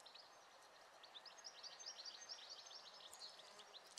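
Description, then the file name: Marsh tit calls: quick series of short, high chipping notes running together over a steady hiss of background noise. "Poecile palustris"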